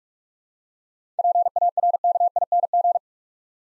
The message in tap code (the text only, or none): none